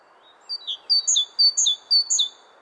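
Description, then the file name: Great tit delivering a quick series of clear, high two-note phrases, about four in a row, with gentle background hiss. "Parus major"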